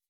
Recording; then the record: hydrophone in a shrimp aquaculture tank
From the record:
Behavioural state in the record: weakened